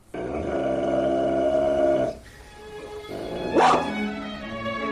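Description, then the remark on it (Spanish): Dogs barking and growling: a sustained, rough, harmonic snarl lasting about two seconds, then a quieter stretch broken by one sharp, loud bark, with no talking. “Los perros de Pavlov.”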